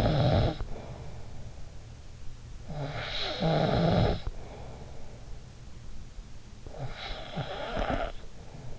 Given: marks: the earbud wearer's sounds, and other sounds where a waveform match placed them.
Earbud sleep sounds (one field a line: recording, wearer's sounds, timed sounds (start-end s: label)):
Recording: sounds in sleep by an in-ear microphone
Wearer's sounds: snoring breath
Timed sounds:
0.00-8.79 s: snoring breath